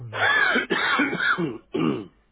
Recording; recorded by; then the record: voluntary cough; telephone call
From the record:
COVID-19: positive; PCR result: checked with the laboratory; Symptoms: yes